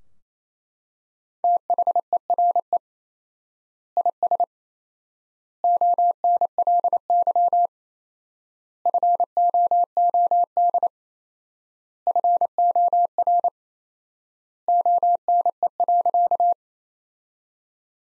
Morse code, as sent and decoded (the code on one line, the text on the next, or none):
- .... . .-. . / .. ... / --- -. .-.. -.-- / ..-. --- --- -.. / ..-. --- .-. / --- -. . .-.-.-
THERE IS ONLY FOOD FOR ONE.